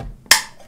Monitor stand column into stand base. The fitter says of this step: yep and it clicks in place